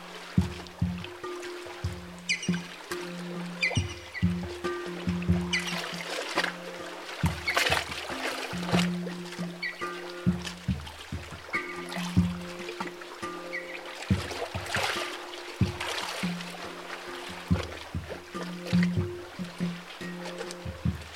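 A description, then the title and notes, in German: Water of a mountain lake laps and splashes against a jetty in quick, irregular slaps and gurgles that continue throughout. Beneath it a low, steady hum keeps switching on and off every second or so, with small trickling sounds in between. Heute hören wir auf einem Steg den beruhigenden Klängen des Bergsees zu.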